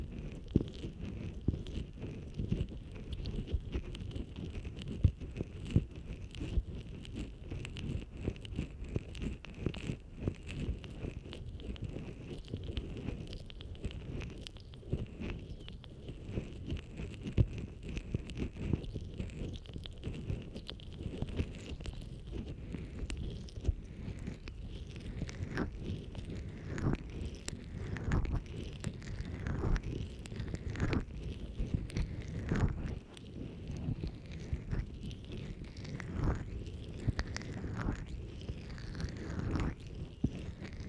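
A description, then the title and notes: Rubbing and stroking against a microphone, with a dense, continuous low rumble of friction and frequent soft scratchy strokes. After about 25 seconds, distinct brushing sweeps repeat roughly every second, each rising and falling in pitch, over the steady rough rubbing. Scrub Ear Massage & Moisturizing Care Rubbing, Stroking, Cleansing, Tapping.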